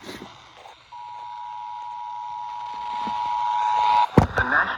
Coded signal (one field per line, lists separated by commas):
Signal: Emergency Alert System (SAME) tones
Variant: 853 and 960 Hz attention tone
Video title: After Work Storms... EAS Alerts from April 15, 2021 (EAS #989-999)